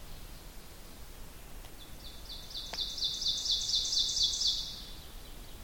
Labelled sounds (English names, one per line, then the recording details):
Ovenbird song
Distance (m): 35 m
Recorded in boreal forest in Alberta, Canada, on 2 June 2016 at 07:16
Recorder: SongMeter 3, array SBT-3-7
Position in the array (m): 105 m, 23 m
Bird 9